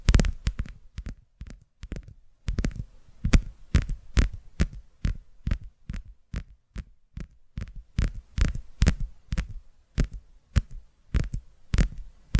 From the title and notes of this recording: ASMR Tapping Through Your Brain Invisible + Triggers (No Talking).